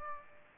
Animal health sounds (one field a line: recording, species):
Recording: mosquito wingbeat signal from an infrared sensor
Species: Aedes aegypti